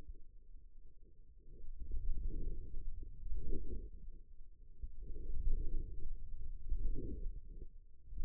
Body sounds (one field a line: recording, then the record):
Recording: forearm muscle sounds (acoustic myography)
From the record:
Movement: radial deviation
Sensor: system 2, bracelet of six BSWA MPA416 microphones around the upper forearm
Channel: 3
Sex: male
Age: 22 years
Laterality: right